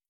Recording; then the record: hydrophone in a shrimp aquaculture tank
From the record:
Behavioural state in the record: starved